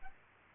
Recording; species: mosquito wingbeat signal from an infrared sensor; Aedes aegypti